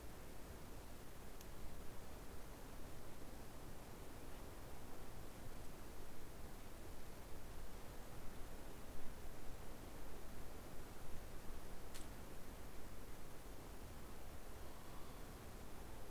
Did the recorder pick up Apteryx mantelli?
no